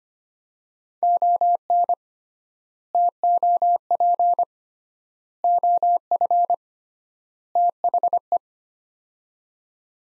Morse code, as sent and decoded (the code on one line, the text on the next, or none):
--- -. / - --- .--. / --- ..-. / - .... .
ON TOP OF THE